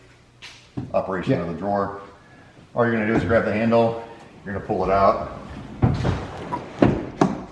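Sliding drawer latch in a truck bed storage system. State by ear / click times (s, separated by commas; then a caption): seated / 7.2 s. Someone talks while grabbing the handle of a sliding drawer in a DECKED truck bed storage system and pulling it out to full extension. Brief knocks at 6.5 and 6.8 s are followed at 7.2 s by the thump of the drawer latch locking it open in place.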